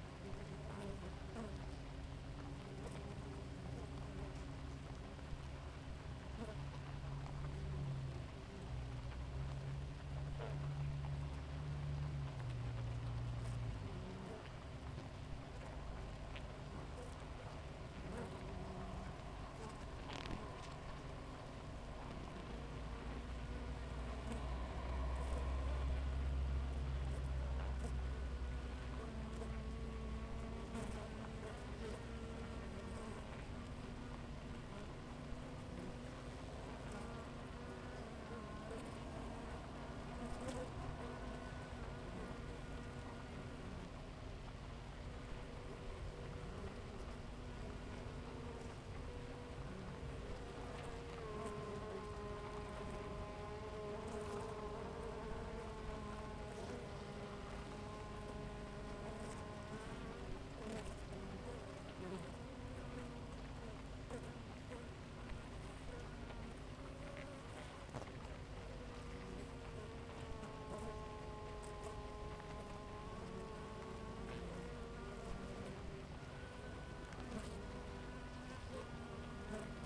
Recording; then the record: honeybee colony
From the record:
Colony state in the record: active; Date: 28 July 2017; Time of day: 5:01